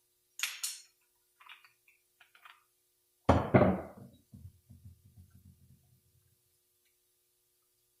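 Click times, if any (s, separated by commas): 3.3 s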